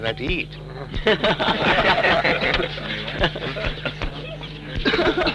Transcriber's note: laughter